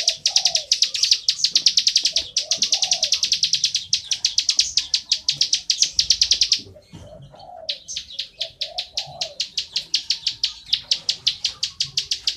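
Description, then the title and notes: Bar-winged prinia calling in rapid, high ticking notes that run on steadily, pause briefly around the middle, then resume, while low cooing notes sound now and then in the background. Continuous calling style known as ngebren, used as tutor audio for white-rumped shamas to copy. "Ciblek Ngebren Untuk Masteran Murai Batu. Suara burung ciblek"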